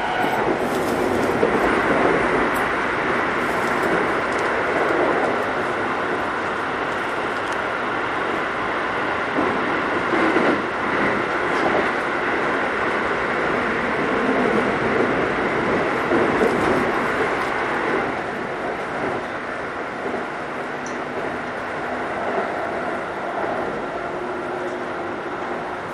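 A Keikyu New 1000 series train rolls along with a steady, dense rumble and hum, easing slightly quieter after about eighteen seconds.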